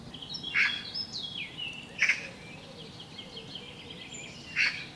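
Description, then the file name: Eurasian magpie uttering three short, harsh rasping notes at irregular intervals over background whistling and twittering from other birds. "Pica pica"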